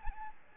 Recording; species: mosquito wingbeat signal from an infrared sensor; Aedes albopictus